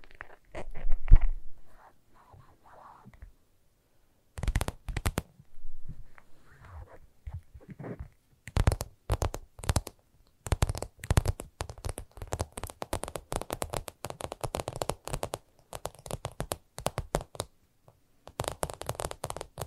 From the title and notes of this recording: ASMR Irresistible Tapping. No Talking.